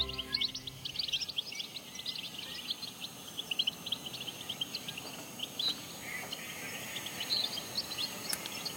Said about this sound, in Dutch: Een groepje putters fourageerend op de kaardebollen.